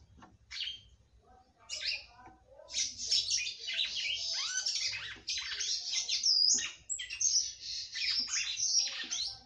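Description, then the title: Red-cowled cardinal delivering a long, busy run of high chirps, slurred whistles and squeaky notes that builds after a quiet start, with a faint low hum. "Galo De Campina"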